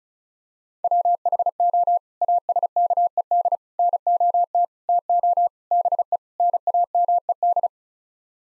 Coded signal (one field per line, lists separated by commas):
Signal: Morse code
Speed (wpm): 34 wpm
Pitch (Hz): 700 Hz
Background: none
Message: WHO ASKED NOT TO BE NAMED